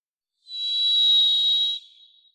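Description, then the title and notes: Varied thrush song: one long, steady, buzzy whistled note at a high pitch, holding level for over a second before trailing off into silence; no other sounds. Song; Pacific Northwest, Washington, United States; parabolic single-species recording, processed for clarity with natural pace and rhythm kept. "Varied Thrush, Ixoreus naevius, song, parabolic single-species recording, processed for clarity, natural pace and rhthym maintained Recorded in the beautiful Pacific Northwest, Washington, United States"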